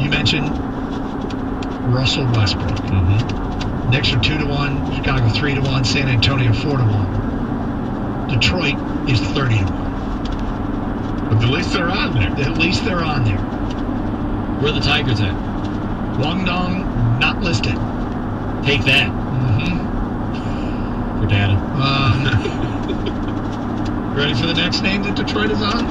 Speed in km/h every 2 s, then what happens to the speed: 97, 95, 95, 95, 98, 100, 101, 101, 103, 101, 101, 101, 101.
0-26 steady at about 101.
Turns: none.